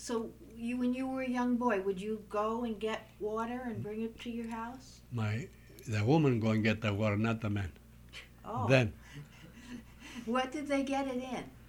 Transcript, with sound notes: So when you were a young boy would you go and get water and bring it to your house?
My, the women go and get the water, not the men.
Oh! (laughs)
Then.
What did they get it in?